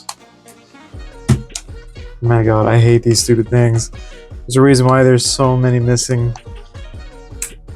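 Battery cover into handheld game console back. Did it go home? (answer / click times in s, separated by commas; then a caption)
yes / 7.4 s. Someone struggles with the plastic battery cover on the back of a PSP-1000 handheld game console while music plays and someone talks. There are small plastic clicks and knocks as it is handled, then the cover is pushed home with a sharp click at 7.4 s, and it is seated shut.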